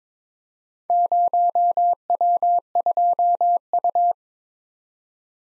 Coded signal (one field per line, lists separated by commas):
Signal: Morse code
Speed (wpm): 22 wpm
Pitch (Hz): 700 Hz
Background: none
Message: 0W2U